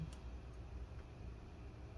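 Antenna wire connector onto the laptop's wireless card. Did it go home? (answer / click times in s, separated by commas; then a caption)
no / none. A small coax antenna wire connector is handled over its socket on the wireless card inside an MSI GS63 Stealth 8RE-010US laptop. A quiet, steady low hum fills the clip, with one faint brief tick near 0.1 s. Nothing has seated or clicked yet.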